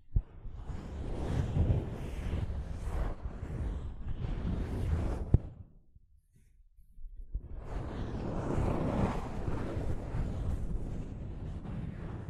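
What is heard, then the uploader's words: Soft fabric brushes against a microphone in dense, rustling sweeps with low, rumbling thumps underneath. A sharp tap lands around five seconds, then the sound drops to near silence for about two seconds before the brushing resumes and continues steadily to the end. ASMR Mic Brushing using Soft Fabric (No Talking).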